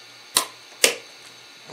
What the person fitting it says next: satisfying clicks. Can you hear those?